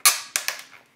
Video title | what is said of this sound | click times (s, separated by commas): GI Joe Retro HasLab Skystriker Unboxing & Review! | you can hear it squeaking and you just probably heard it click this this thing | 0.1 s